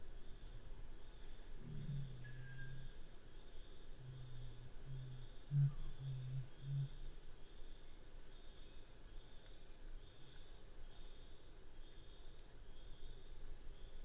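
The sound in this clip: Black curassow deep booming hums, a few low droning notes between two and seven seconds, over a steady high insect whine and quiet background.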